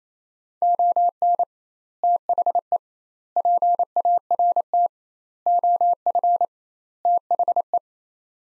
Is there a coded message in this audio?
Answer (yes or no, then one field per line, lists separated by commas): yes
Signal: Morse code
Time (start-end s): 0.6-7.8 s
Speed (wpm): 28 wpm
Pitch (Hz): 700 Hz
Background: none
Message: ON THE PART OF THE